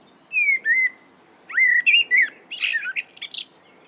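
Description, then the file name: Common blackbird singing two mellow whistled phrases, sliding and warbling, followed by a burst of squeaky high twittering notes; faint steady high tone behind. "Turdus merula"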